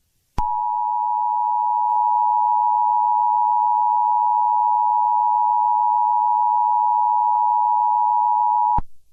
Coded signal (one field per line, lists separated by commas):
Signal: Emergency Alert System (SAME) tones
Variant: 853 and 960 Hz attention tone